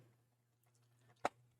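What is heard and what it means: A removable piece is popped off the front landing foot of a plastic and metal DeAgostini 1:18 scale X-Wing model. Over a low steady hum with faint handling noises, a single sharp pop sounds at 1.3 s as the piece comes free.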